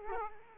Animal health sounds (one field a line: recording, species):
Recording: mosquito wingbeat signal from an infrared sensor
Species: Aedes aegypti